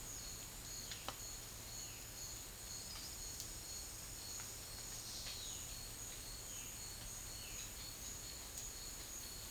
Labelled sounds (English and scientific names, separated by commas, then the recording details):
none
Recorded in dense forest near Puerto Asís, Putumayo, Colombia, on 4 March 2025 at 10:30
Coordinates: 0.500, -76.322
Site GP06